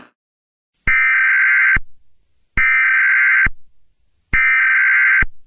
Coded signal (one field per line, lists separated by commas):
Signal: Emergency Alert System (SAME) tones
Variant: header bursts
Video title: EAS SCENARIO Detroit